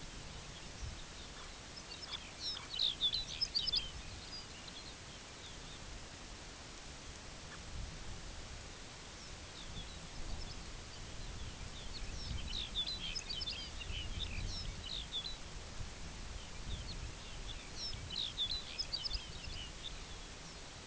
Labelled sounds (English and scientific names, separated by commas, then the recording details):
Lapland Longspur (Calcarius lapponicus), unidentified sound
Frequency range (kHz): Lapland Longspur (Calcarius lapponicus) 1.2-7.5 kHz
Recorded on Arctic tundra, site UTQI-2, on 17 June 2019
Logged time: 14:00